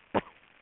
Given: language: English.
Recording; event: throat vibration sensor signal played as sound; cough